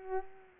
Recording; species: mosquito wingbeat signal from an infrared sensor; Culex pipiens